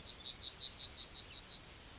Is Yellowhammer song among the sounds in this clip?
yes